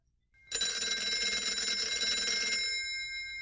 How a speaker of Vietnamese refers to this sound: khi tiếng báo thức kêu lên thì Nam cũng tỉnh giấc